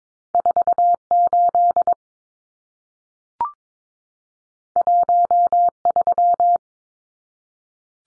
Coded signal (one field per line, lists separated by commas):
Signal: Morse code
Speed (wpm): 22 wpm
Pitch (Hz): 700 Hz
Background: none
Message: 48 13